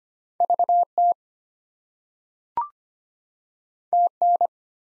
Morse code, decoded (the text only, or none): VT TN